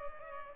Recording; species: mosquito wingbeat signal from an infrared sensor; Culex pipiens